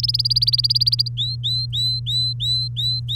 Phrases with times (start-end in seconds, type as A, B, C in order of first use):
0.03-1.08 A, 1.17-3.16 B